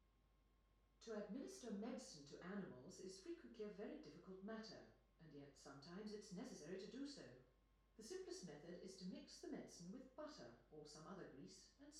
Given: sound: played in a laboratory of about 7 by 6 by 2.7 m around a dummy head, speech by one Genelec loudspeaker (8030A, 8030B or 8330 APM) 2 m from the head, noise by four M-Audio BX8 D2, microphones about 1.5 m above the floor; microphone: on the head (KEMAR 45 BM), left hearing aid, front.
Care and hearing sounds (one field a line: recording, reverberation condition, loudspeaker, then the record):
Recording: female speech in English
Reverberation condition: medium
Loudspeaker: 60 degrees to the right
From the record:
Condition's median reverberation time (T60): about 510 ms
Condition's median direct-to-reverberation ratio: about -0.5 dB